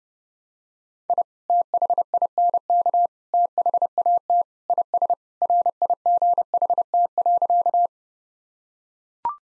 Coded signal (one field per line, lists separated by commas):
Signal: Morse code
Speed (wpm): 30 wpm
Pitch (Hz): 700 Hz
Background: none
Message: I THINK THAT IS RIGHT.